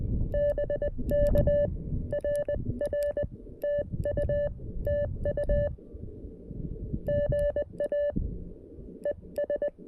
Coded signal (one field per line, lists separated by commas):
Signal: Morse code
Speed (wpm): 19 wpm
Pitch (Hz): 580 Hz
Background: none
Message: BK RR TU TU GA ES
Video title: BUDGET CW! CFT-1, 3d Printed Key, and DIY Antenna! Oh My!